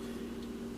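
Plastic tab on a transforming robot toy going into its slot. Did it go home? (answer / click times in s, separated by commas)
no / none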